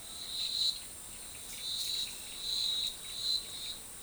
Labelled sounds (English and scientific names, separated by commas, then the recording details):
none
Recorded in forest near Pivijay, Magdalena, Colombia, on 15 April 2023 at 10:00
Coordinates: 10.467, -74.380
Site Z5-G034